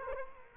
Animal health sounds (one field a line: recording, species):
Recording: mosquito wingbeat signal from an infrared sensor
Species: Culex quinquefasciatus